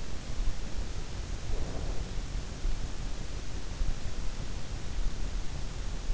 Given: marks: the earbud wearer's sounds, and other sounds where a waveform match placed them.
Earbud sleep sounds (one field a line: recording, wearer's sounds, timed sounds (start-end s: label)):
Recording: sounds in sleep by an in-ear microphone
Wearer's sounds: breath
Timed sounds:
1.10-2.33 s: breath